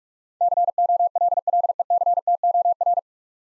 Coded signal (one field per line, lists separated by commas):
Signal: Morse code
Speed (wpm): 44 wpm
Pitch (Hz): 700 Hz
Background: none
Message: COLLECTOR